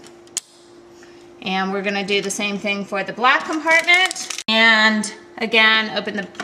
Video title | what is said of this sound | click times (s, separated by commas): Cricut Imagine Set Up Video | until it you'll feel it click into place and push the latch down | 0.4 s